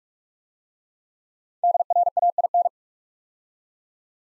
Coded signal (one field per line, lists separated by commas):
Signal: Morse code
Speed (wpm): 44 wpm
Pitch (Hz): 700 Hz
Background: none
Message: DRAIN